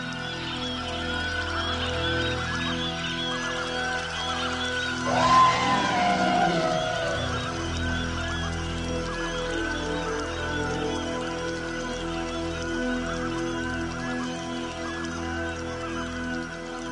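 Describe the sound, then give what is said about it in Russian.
At night, a dense, steady chorus of overlapping calls from night birds and animals, with honking and squawking cries layered over a continuous drone and one louder, rougher burst partway through. No one speaks. “Опустилась ночь, и воздух наполнился звуками ночных птиц и животных.”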